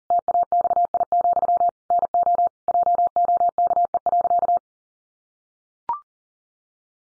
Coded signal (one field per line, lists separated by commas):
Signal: Morse code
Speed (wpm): 40 wpm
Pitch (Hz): 700 Hz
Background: none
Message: TAXI, NO JOKE.